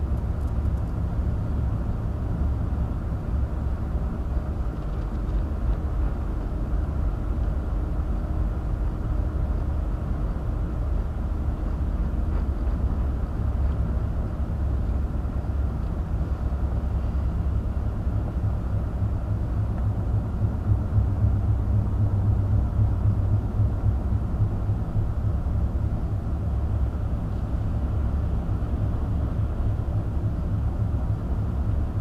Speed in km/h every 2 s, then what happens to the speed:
27, 26, 27, 26, 26, 26, 27, 27, 27, 29, 32, 32, 29, 27, 29, 31.
0-32 steady at about 27.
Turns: none.